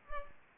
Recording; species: mosquito wingbeat signal from an infrared sensor; Culex pipiens